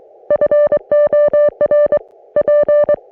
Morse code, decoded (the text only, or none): FOR P